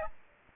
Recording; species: mosquito wingbeat signal from an infrared sensor; Aedes aegypti